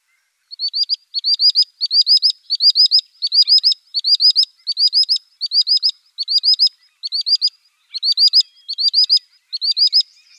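Common sandpiper calling: high, thin piping notes in quick clusters of three or four, repeated steadily in rapid succession for the whole stretch.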